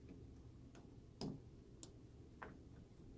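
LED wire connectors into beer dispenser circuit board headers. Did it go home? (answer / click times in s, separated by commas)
yes / 1.2 s, 1.8 s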